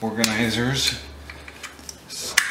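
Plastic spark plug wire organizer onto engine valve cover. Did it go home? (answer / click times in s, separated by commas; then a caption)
yes / 2.4 s. A plastic spark plug wire organizer is pressed onto the valve cover area of an Accord after the spark plug wires are reinstalled. Someone talks over faint small knocks, and then a sharp click at 2.4 s as the organizer snaps into place and seats.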